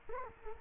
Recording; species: mosquito wingbeat signal from an infrared sensor; Culex quinquefasciatus